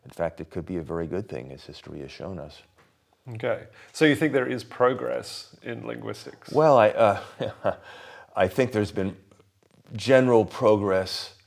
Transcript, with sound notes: In fact, it could be a very good thing, as history has shown us.
OK. So you think there is progress in linguistics? [chuckles]
I think there’s been general progress